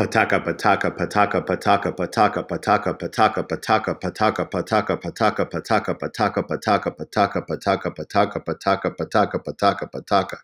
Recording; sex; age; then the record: repeated syllables /pa ta ka/; male; 20 to 29 years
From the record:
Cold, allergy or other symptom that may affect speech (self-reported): no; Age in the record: 27 years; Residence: Tennessee, United States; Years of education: 16